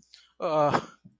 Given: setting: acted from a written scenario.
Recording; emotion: vocal sound without words; guilt